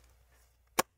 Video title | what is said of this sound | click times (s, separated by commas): Macbook Pro 16 A2141 Step by Step Screen Replacement | and then you press it down in the middle and you hear that little Clicker | 0.8 s